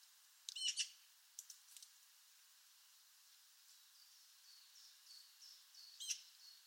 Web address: Bird Only More Classes Pi Pi Pi Pi